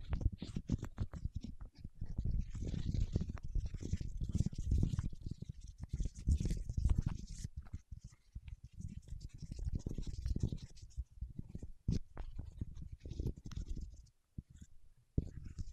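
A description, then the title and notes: Fingertips rub and squeak over wax in dense, low, scratchy bursts that thin out with short pauses near the end. ASMR with Wax Fingertips for Sleep (No Talking).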